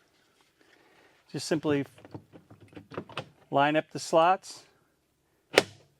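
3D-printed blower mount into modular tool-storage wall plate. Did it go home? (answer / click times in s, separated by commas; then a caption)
yes / 5.6 s. Someone talks while a 3D-printed plastic blower mount for a Milwaukee 3017-20 blower is lined up with the slots of a modular Packout tool-storage wall plate and pushed down. A single sharp, loud snap at 5.6 s shows the mount latching onto the plate, leaving it seated.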